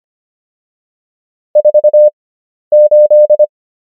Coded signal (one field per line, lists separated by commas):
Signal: Morse code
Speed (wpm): 25 wpm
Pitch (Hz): 600 Hz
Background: none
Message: 48